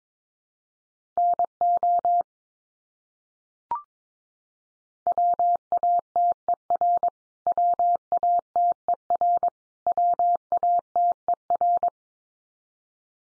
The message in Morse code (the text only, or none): NO WATER WATER WATER